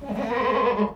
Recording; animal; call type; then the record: contact call of a hoofed animal; goat; low-frequency (closed-mouth) or high-frequency (open-mouth) call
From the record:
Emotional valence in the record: negative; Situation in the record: food frustration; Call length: 0.96 s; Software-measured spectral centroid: 1370 Hz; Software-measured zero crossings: 1420 a second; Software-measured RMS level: -24 dBFS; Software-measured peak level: -10 dBFS